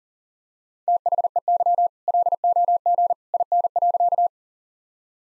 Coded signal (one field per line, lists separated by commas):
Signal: Morse code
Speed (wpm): 37 wpm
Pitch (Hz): 700 Hz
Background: none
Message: THEY LOG IN.